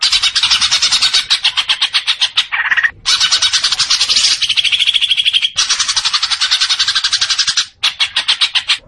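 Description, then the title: Leafbird song, a nearly unbroken torrent of fast, buzzy, scratchy notes with occasional whistled tones mixed in. Singing actively (gacor). "Cucak Ijo Gacor"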